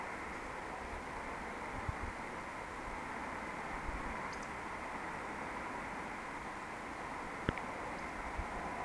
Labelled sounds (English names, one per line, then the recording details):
Eurasian Woodcock whistle
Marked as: whistle, whistle, whistle
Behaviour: display flight
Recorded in Baden-Württemberg, Germany, on 17 June 2020 at 20:23 UTC
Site 14569, 102 m above sea level